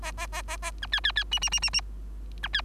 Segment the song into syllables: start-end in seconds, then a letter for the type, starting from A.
0.02-0.12 A, 0.17-0.27 A, 0.32-0.42 A, 0.48-0.57 A, 0.62-0.71 A, 0.82-0.87 B, 0.92-1.00 C, 1.04-1.12 C, 1.16-1.24 C, 1.31-1.39 D, 1.41-1.49 D, 1.51-1.60 D, 1.62-1.70 D, 1.73-1.81 D, 2.43-2.49 B, 2.53-2.61 C